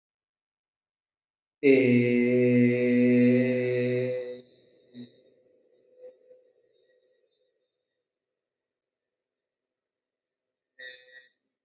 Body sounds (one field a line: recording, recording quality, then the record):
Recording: sustained vowel as in made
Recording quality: excellent, no background noise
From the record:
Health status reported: healthy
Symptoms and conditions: none ticked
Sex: male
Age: 38 years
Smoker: not ticked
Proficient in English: yes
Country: India